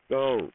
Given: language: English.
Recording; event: throat vibration sensor signal played as sound; speech